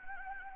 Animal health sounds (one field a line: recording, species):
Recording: mosquito wingbeat signal from an infrared sensor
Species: Anopheles gambiae